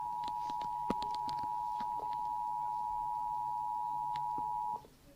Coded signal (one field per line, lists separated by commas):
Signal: Emergency Alert System (SAME) tones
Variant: 853 and 960 Hz attention tone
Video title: Оцениваю сирены EAS 5 часть